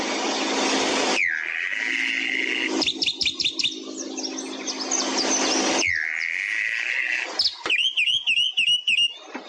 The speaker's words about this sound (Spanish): Parte del repertorio de la calandria.